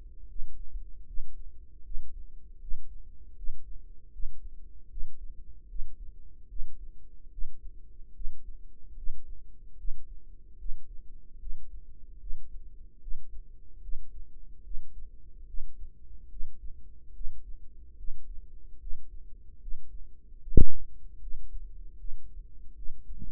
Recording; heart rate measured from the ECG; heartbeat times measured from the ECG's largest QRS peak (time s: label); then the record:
heart sounds by microphone in the right ear; 75 bpm
0.27 s: heartbeat
1.05 s: heartbeat
1.82 s: heartbeat
2.59 s: heartbeat
3.35 s: heartbeat
4.11 s: heartbeat
4.88 s: heartbeat
5.67 s: heartbeat
6.47 s: heartbeat
7.29 s: heartbeat
8.12 s: heartbeat
8.95 s: heartbeat
9.76 s: heartbeat
10.57 s: heartbeat
11.38 s: heartbeat
12.18 s: heartbeat
12.99 s: heartbeat
13.80 s: heartbeat
14.62 s: heartbeat
15.45 s: heartbeat
16.28 s: heartbeat
17.12 s: heartbeat
17.95 s: heartbeat
18.78 s: heartbeat
19.59 s: heartbeat
20.38 s: heartbeat
21.18 s: heartbeat
21.95 s: heartbeat
22.73 s: heartbeat
From the record:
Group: healthy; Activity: Valsalva maneuver 0-16 s, rest 16-23 s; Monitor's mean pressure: 49 mmHg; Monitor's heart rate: 74 bpm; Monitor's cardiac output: 5.6 L/min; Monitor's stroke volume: 75 mL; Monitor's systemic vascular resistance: 590 dyn s/cm5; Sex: female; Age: 19 years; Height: 163 cm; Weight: 48.9 kg